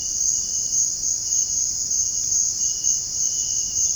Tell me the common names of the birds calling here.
none